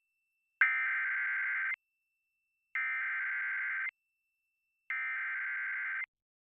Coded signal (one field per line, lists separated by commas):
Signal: Emergency Alert System (SAME) tones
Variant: header bursts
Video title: EAS on WLJC-TV - 3/17/2018 7:30pm